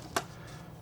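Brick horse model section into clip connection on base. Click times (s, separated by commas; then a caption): 0.2 s. A section of a LEGO Creator 2025 Beautiful Horse 31166 plastic brick model is fitted onto its clip connection on the base. A single sharp click at 0.2 s, bright and broadband, rises above low background hum. The clip snaps into place and the section is seated.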